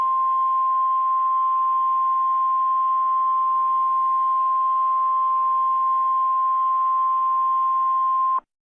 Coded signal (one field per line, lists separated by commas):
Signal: Emergency Alert System (SAME) tones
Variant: 1050 Hz attention tone